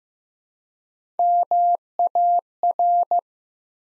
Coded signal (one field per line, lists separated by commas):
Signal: Morse code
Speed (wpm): 15 wpm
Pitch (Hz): 700 Hz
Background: none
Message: MAR